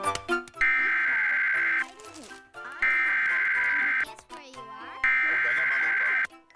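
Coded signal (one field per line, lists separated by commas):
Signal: Emergency Alert System (SAME) tones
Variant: header bursts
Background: speech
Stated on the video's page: EAS alarm that interrupted a broadcast of Pingu.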